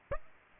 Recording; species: mosquito wingbeat signal from an infrared sensor; Aedes aegypti